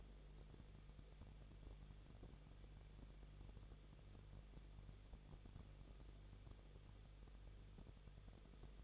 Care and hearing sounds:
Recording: daily activity, microphone in the room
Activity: no activity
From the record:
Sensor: 4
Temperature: 23.1 degrees Celsius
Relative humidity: 34.0%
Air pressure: 1007.2 hPa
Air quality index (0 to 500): 216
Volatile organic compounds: 15 ppm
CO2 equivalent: 2499 ppm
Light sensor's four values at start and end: 2/3/1/1 and 2/3/1/1

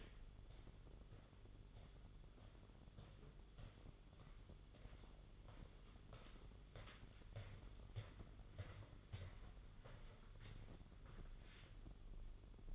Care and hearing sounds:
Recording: daily activity, microphone in the room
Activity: walk to room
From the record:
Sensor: 4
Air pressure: 1009.0 hPa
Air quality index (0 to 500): 141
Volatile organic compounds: 2 ppm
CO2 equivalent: 1019 ppm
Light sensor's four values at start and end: 14/32/13/12 and 13/31/12/12

